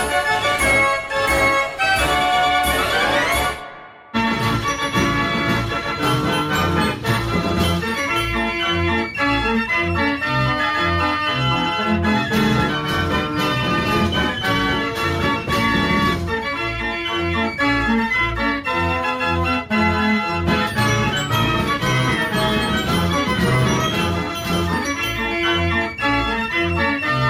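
A fair organ plays loud, dense music with bright piping tones over a thumping low bass beat. It opens with a rising run, cuts out for a moment near four seconds, then carries on at a steady, full volume to the end.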